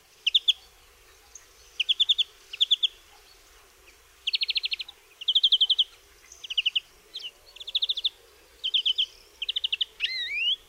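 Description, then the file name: European greenfinch singing a lively series of quick trilled bursts and chirps, phrases following closely one after another with only brief gaps. "DZWONIEC"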